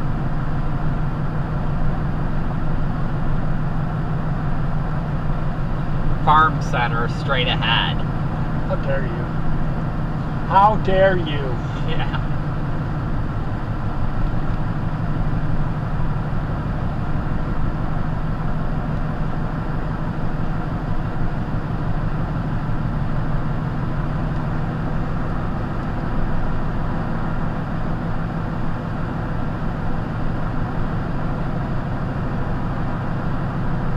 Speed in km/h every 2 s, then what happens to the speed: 53, 55, 55, 55, 53, 53, 52, 53, 53, 55, 53, 53, 56, 56, 55, 56, 56.
0-34 steady at about 55.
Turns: none.